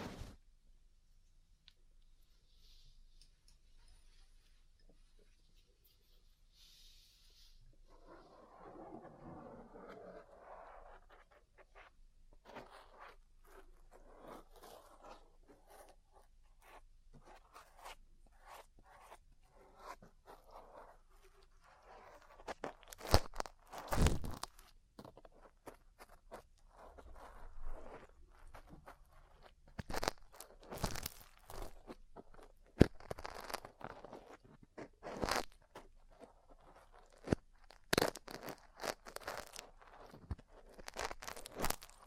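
Ear cleaning and massage sounds: soft rustling early, then increasingly dense crunchy scraping and sharp taps, growing louder and busier after twenty seconds.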